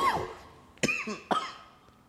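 Three short, harsh coughs from an adult man in about two seconds, brought on by smoking cannabis: one at the start, then two sharp bursts close together, each fading quickly into a quiet room. An ordinary dry-sounding cough with a slightly raspy, throaty edge; the smoke has left him wheezing.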